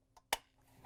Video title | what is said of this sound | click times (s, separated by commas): Bosch Dishwasher Control Panel Frame 00432779 Replacement — fits Thermador/Gaggenau | make sure the locking tabs lock into place once you have it secure | 0.3 s